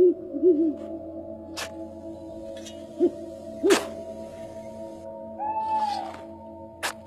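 night birds calling

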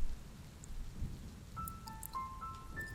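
rain with thunder

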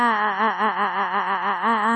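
agonized scream

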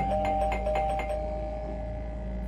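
doorbell ringing

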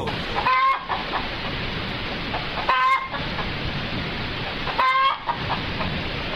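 hen clucking

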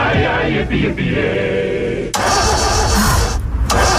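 car engine starting

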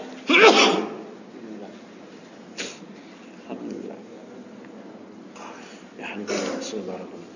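sneeze

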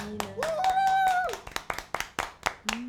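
audience applause

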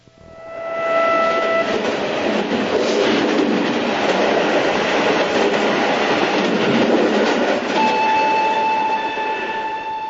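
train running on rails

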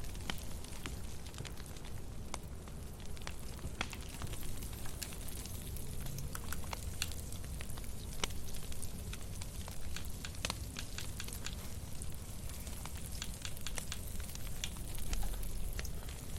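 food sizzling

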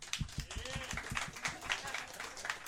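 audience applause

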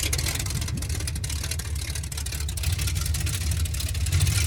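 motorcycle engine revving

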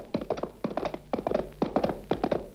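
horse hooves galloping

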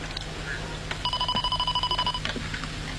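telephone ringing

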